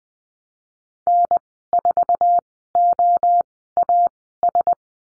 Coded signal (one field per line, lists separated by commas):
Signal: Morse code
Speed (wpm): 20 wpm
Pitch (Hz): 700 Hz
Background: none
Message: N4OAS